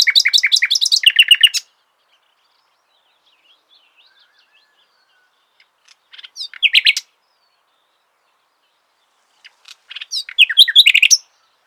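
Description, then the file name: Common nightingale singing three separate phrases spaced by silent pauses, each a fast run of sharp, repeated high notes with varied whistled and chattering elements. "Luscinia megarhynchos"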